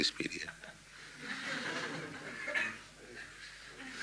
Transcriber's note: laughter